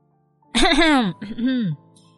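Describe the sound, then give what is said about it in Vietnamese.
A woman, raising her hand to her mouth, performs a two-part throat-clearing "ahem," a longer voiced rise and fall followed by a shorter one, fairly loud and alone against silence. “rồi đưa tay lên miệng hắng giọng.”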